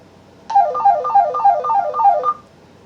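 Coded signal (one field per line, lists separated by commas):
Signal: pager alert tone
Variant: walkie-talkie call tone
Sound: rapid ringtone-like melody: about seven quick falling runs of stepped electronic beeps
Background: quiet room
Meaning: Alerts the other radio that someone is calling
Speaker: you can send it to another radio so i'm going to go back here and i'm going to press it and it's going to send the call tone and it's going to sound just like if a phone was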